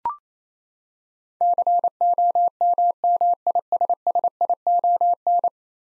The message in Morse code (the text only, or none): COMMISSION